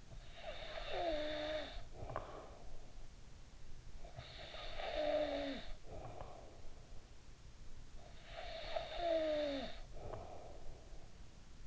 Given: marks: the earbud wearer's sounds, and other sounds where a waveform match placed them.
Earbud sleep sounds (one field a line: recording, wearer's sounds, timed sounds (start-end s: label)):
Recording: sounds in sleep by an in-ear microphone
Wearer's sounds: snoring breath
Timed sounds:
0.00-3.37 s: snoring breath
3.60-7.63 s: snoring breath
7.92-11.66 s: snoring breath